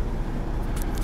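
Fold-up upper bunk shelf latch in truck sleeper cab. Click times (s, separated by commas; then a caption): 0.8 s. A fold-up upper bunk shelf in a truck sleeper cab is lifted to stow it over steady low engine-like rumble. A short knock sounds at 0.8 s as the latch catches. It only latches on one side, not the other.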